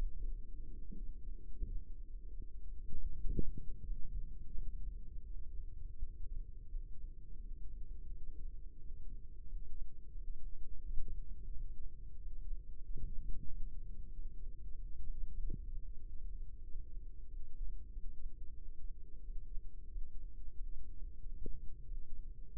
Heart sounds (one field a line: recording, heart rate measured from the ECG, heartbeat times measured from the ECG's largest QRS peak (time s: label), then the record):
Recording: heart sounds by microphone in the right ear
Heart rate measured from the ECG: 89 bpm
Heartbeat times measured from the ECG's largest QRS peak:
0.24 s: heartbeat
0.95 s: heartbeat
1.63 s: heartbeat
2.36 s: heartbeat
3.11 s: heartbeat
3.82 s: heartbeat
4.51 s: heartbeat
5.22 s: heartbeat
5.95 s: heartbeat
6.68 s: heartbeat
7.37 s: heartbeat
8.06 s: heartbeat
8.77 s: heartbeat
9.45 s: heartbeat
10.13 s: heartbeat
10.81 s: heartbeat
11.49 s: heartbeat
12.17 s: heartbeat
12.82 s: heartbeat
13.46 s: heartbeat
14.10 s: heartbeat
14.74 s: heartbeat
15.36 s: heartbeat
15.98 s: heartbeat
16.61 s: heartbeat
17.25 s: heartbeat
17.89 s: heartbeat
18.54 s: heartbeat
19.21 s: heartbeat
19.87 s: heartbeat
20.52 s: heartbeat
21.17 s: heartbeat
21.83 s: heartbeat
22.47 s: heartbeat
From the record:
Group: healthy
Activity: rest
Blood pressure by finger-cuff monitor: 98/61 mmHg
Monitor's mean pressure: 72 mmHg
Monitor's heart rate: 90 bpm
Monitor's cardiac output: 6.5 L/min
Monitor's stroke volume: 73 mL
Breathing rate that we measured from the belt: 23 breaths a minute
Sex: male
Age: 22 years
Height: 181 cm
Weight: 60 kg